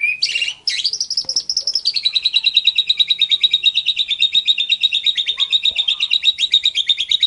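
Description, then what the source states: White-rumped shama song, mostly one long fast trill of rapid repeated notes, steady and slightly descending after a brief sharp opening. Song used as a tutor recording (masteran) to train cage songbirds.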